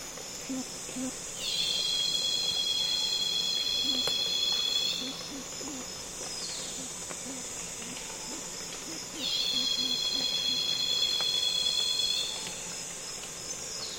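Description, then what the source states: Cicada calls as two loud buzzing bursts, each about three seconds long and several seconds apart, over a continuous high insect drone. Loud cicadas calling on a calm afternoon in Congo basin rainforest, with other insects flying and buzzing close to the microphones.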